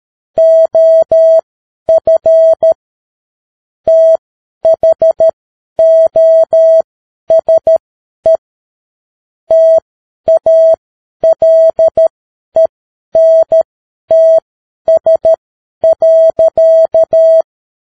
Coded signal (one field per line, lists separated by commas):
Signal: Morse code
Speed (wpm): 13 wpm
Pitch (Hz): 650 Hz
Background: none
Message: OF THOSE TALENTS.